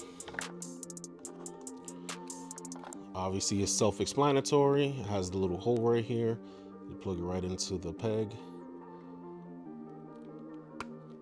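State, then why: Seated. Over background music, someone talks while a plastic action figure's foot hole is pushed onto a plastic display peg on its stand or accessory. A single short plastic snap is heard at 10.8 s as the figure seats onto the peg.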